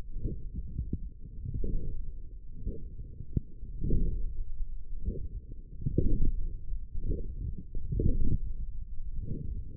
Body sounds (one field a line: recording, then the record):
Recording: forearm muscle sounds (acoustic myography)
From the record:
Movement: forearm pronation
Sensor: system 1, eight BSWA MPA416 microphones around the upper forearm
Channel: 3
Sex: male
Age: 42 years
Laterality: right